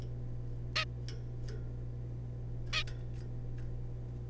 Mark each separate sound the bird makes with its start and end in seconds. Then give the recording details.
0.76-0.85, 2.73-2.83. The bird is a juvenile. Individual R3549